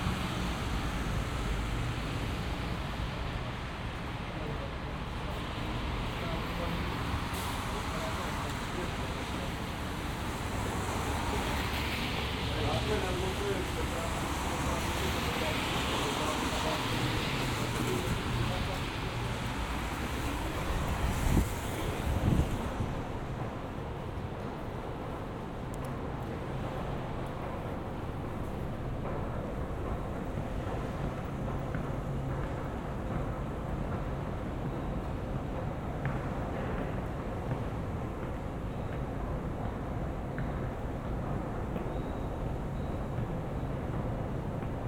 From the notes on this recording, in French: Balade binaural dans le Montréal de l'hiver